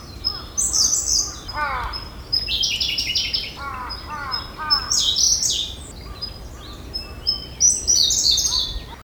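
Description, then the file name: Siberian blue robin singing several phrases of quick arched lower notes and loud, high rattling trills. "koruri"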